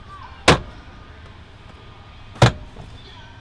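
Plastic mounting clips on a GPS module being reinstalled in a van are aligned with the mounting plate and pushed in with a little force. Two sharp clicks ring out at 0.5 s and 2.4 s over a low steady background. The clips are seated in the plate.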